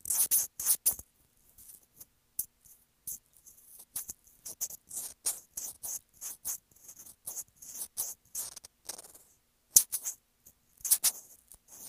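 Scratching on a sensitive microphone in rapid, irregular bursts of bright rasping noise, separated by brief silences, with sharper scrapes near ten seconds.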